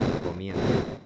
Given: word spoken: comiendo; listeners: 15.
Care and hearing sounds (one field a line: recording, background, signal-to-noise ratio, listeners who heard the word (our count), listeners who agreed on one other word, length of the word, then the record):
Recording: one Spanish word in noise, from a listening test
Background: noise modulated by one talker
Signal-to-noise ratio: -9.3 dB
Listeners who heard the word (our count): 1 of 15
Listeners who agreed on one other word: 11 of 15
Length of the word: 0.66 s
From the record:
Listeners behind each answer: 11, 2, 1, 1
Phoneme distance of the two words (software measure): 10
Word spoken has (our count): 3 syllables, 8 phonemes, stress on syllable 2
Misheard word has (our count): 3 syllables, 8 phonemes, stress on syllable 2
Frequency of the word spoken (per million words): 8.56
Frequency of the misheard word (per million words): 56.87